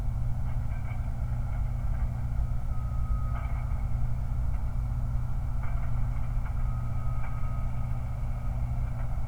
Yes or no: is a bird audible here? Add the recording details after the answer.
no. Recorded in the Prudhoe Bay oil fields, Alaska, on 29 July 2019. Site 29